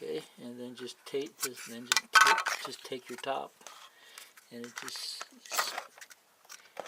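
A plastic top cover is handled and brought to a surface-mount telephone wall jack box while someone talks. Light plastic handling sounds and brief ticks are heard, but the cover has not snapped into place yet, and nothing has seated or clicked.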